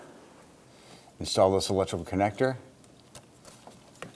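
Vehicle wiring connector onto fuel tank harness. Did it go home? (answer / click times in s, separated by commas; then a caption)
no / none. Someone talks while an electrical wiring connector is handled for installation onto the fuel tank harness of a 2011-2019 Ford Explorer 3.5L as the tank is reinstalled after a fuel pump and transfer unit replacement. Faint handling ticks follow near 3.2, 3.5, 3.7 and 4.0 seconds. Nothing has seated or clicked yet.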